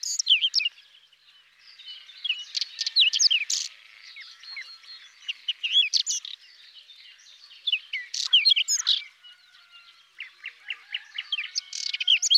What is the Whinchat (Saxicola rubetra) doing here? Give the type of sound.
song